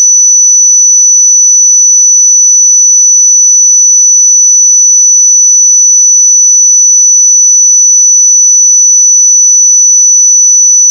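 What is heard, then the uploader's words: A pure sine tone at 5963 Hz holds perfectly steady for the full eleven seconds, a thin, piercing high whistle. Its pitch and loudness never waver, and nothing else can be heard behind it. 5963 Hz 1 Hz Interval Sine Pure Tone Frequency 441000 Sample Mono.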